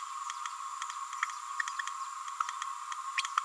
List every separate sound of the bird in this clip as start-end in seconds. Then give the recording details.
3.18-3.23. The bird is a female. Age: 29 days. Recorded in a nest box in Venezuela. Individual 17B31A3